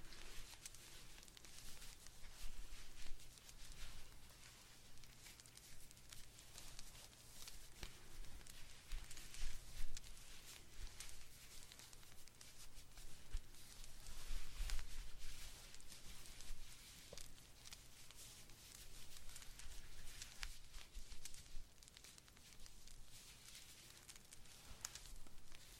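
Knitting a blanket: a steady stream of soft rustling and small quick clicks as needles and yarn move, with busier bursts around 9 and 15 seconds. A constant low hum runs underneath the whole time.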